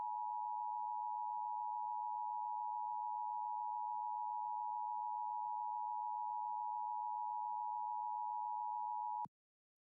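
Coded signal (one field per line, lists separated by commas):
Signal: Emergency Alert System (SAME) tones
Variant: 853 and 960 Hz attention tone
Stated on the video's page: Heard during live AM/MW DXing on Perseus SDR, Elad FDM-S3 and Flex 6400 receivers with loop and KAZ antennas.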